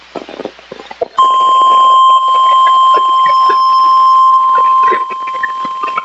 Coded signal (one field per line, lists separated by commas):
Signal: Emergency Alert System (SAME) tones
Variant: 1050 Hz attention tone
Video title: EAS Alerts From July 17 2026 EAS 927-937